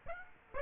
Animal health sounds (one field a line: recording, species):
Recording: mosquito wingbeat signal from an infrared sensor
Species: Aedes aegypti